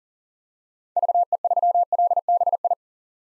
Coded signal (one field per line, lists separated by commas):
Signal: Morse code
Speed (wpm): 37 wpm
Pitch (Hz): 700 Hz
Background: none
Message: VE3LBI